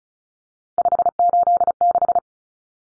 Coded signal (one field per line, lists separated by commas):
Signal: Morse code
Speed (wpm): 34 wpm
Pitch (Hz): 700 Hz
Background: none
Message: 586